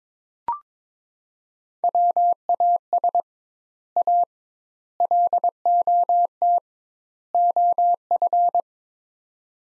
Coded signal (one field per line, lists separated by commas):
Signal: Morse code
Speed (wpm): 22 wpm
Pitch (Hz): 700 Hz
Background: none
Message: WAS A LOT OF